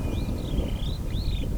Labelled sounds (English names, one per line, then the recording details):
Superb Starling flight call
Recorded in Kenya